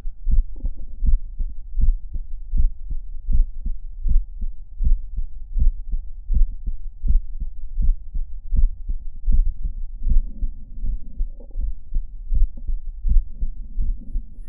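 Adult heart by stethoscope, about 80 beats per minute. Multiple soft, dry clicks in systole, an atypical auscultatory sign of mitral valve prolapse, which can be mistaken for a pericardial friction rub.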